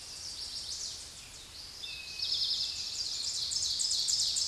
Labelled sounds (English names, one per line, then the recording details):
Eastern Towhee song
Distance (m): 30 m
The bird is about level with the microphone
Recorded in a Pennsylvania forest on 16 May 2024 at 06:08
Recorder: AudioMoth, point MSD-0788
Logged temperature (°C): 16.6 °C
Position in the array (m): 107 m, 9 m